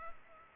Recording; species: mosquito wingbeat signal from an infrared sensor; Culex pipiens